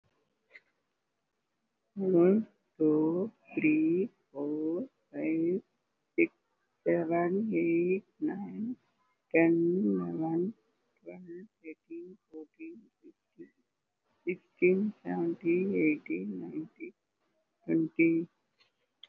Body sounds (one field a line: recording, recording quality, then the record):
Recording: counting at a normal pace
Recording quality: excellent, no background noise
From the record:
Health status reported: COVID-19 positive, mild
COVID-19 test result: positive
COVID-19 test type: RT-PCR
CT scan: taken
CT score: 2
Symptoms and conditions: sore throat, fatigue, muscle pain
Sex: female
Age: 64 years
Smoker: no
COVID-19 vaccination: both doses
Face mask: worn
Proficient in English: yes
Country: India